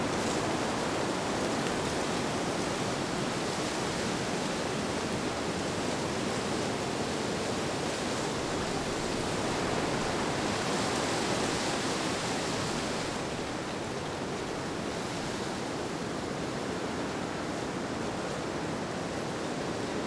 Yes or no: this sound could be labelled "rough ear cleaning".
no